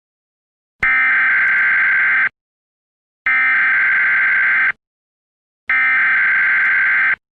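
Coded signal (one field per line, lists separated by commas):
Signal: Emergency Alert System (SAME) tones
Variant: header bursts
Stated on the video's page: Fictional EAS-format message made for a Discord mapping community.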